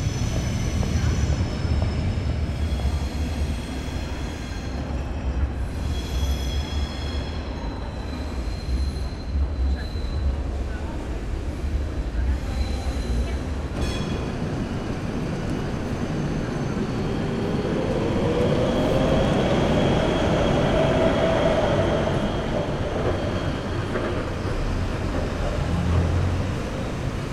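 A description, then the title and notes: Heavy traffic and rail noise from a bridge, a dense steady low rumble throughout. In the first half, faint high squeals ring out repeatedly; from about fifteen seconds a passing vehicle rises and falls in pitch around twenty seconds, with metallic screeching near the end. Friedrichstrasse Brücke. One of Berlin's main transit node. Heavy trains, trucks and trams.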